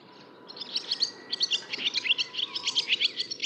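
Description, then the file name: Barn swallow twittering song, a quick run of bright, high chirps and warbled notes that keeps going without pause, over a soft steady background hiss. "laavesvale"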